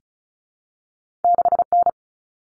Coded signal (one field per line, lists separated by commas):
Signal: Morse code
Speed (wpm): 34 wpm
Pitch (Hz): 700 Hz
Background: none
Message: 6N